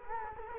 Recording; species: mosquito wingbeat signal from an infrared sensor; Culex quinquefasciatus